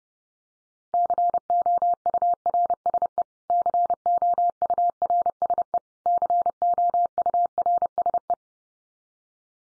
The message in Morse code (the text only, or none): COURSE COURSE COURSE